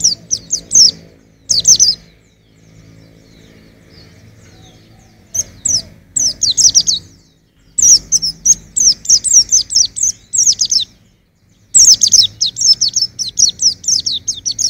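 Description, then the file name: White-eye singing high, twittering phrases of quick slurred notes in irregular bursts, with a long quiet gap early on and faint low background hum. "suara burung pleci usro"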